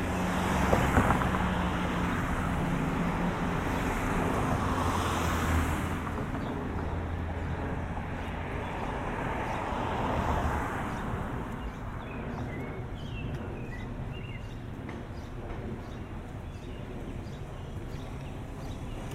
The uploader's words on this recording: Walking home from the mall. A binaural recording of a walk from Cross County Mall to our house in Mount Vernon. An hour long walk through lower Westchester County, in the suburbs of New York City.